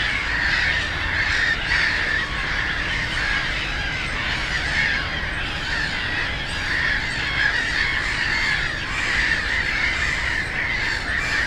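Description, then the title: Black-headed gulls produce a continuous clamour of raucous, rasping cries from many birds together, steady in loudness, over a soft low road hum. Black-headed gulls, loudest among many birds on ponds of a converted post-coal-mining nature area in Bytom, Poland; nearby national road noise; recorded with Zoom F4 and AT BP4025. "Żabie Doły, Bytom, Polska - Black-headed gulls at Frog Ponds complex"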